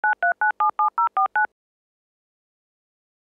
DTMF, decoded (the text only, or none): 93977049